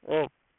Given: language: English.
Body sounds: throat vibration sensor signal played as sound; speech

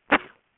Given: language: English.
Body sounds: throat vibration sensor signal played as sound; cough

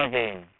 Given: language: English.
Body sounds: throat vibration sensor signal played as sound; speech

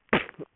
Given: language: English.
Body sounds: throat vibration sensor signal played as sound; cough

